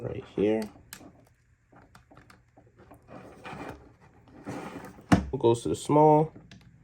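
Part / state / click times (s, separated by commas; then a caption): wiring harness plug into car radio head unit / not seated / none. Someone talks while handling a small plastic wiring-harness plug at the back of an Eonon VWA21 Apple CarPlay car radio head unit for a VW, with brief taps and light handling noises between the words. The plug has not clicked into place or seated yet.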